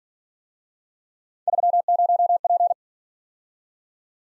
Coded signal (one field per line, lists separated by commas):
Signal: Morse code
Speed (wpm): 48 wpm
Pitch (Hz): 700 Hz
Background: none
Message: 30P